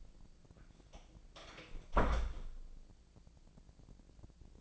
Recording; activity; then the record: daily activity, microphone in the room; close door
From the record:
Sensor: 5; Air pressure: 1012.4 hPa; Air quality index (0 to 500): 158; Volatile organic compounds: 2 ppm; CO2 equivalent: 1078 ppm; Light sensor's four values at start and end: 248/605/253/278 and 243/591/248/271